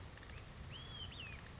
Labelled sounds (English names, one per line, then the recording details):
Olive-sided Flycatcher
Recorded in Sonoma County, California